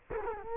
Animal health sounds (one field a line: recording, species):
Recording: mosquito wingbeat signal from an infrared sensor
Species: Culex quinquefasciatus